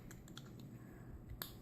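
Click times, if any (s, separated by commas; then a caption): 1.4 s. A lower plastic orthodontic retainer is pressed onto the bottom teeth, with a few faint ticks around 0.1, 0.3, 0.4 and 0.6 seconds against a low steady background. A sharp, bright click at 1.4 seconds marks the retainer snapping into place, fully seated.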